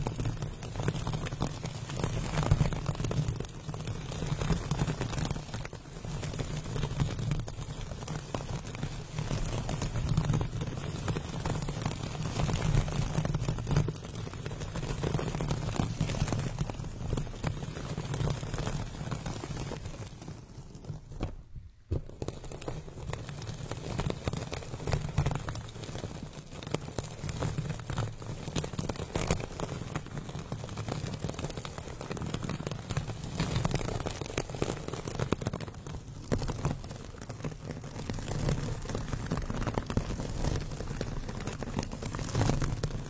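A fingernail scratches and rubs against a microphone, producing a dense, continuous rasping noise with a strong low rumble underneath. The scraping keeps up steadily throughout, broken only by a brief near-silent pause around twenty-one seconds before resuming at the same intensity.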